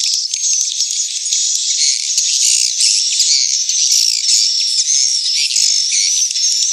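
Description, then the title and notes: Swiftlet chatter, a continuous shrill mass of overlapping chirps and trills with no pauses, steady in loudness throughout. Swiftlet house sound of the AKAU brand, from Tien Giang, Vietnam. "Am thanh nha yen Akau Vietnam - Tien giang. Những âm thanh chim yến thuộc thương hiệu AKAU"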